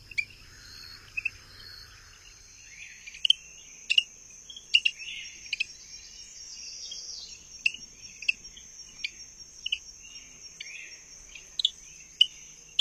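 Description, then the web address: Greenhouse frog chirping, brief sharp high notes scattered irregularly throughout, with a continuous high-pitched buzzing drone behind. North America. "Songs of Frogs Toads of North America. Greenhouse Frog"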